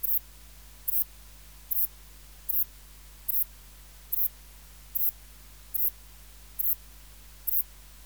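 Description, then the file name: Ephippiger cruciger: brief, sharp, high chirps at an even pace, with a faint low hum beneath. "Ephippiger cruciger"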